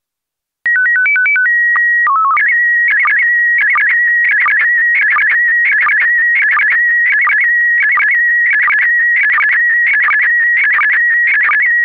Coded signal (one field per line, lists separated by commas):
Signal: SSTV (slow-scan television)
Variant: PD 90